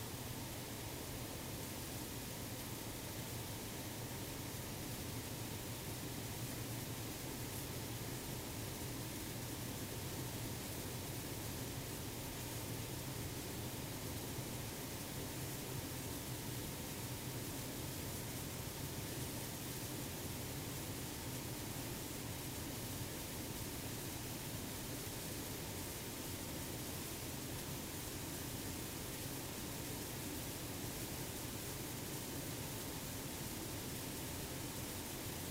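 A test runs in the Large European Acoustic Facility (LEAF): a dense, steady roar of noise fills the full range from deep rumble to bright hiss. It holds at one level for the whole clip, with no separate events or pauses.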